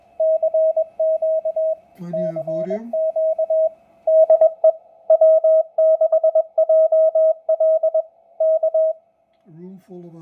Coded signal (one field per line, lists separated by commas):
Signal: Morse code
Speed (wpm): 21 wpm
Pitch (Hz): 640 Hz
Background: speech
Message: CQ CQ DE W6JL K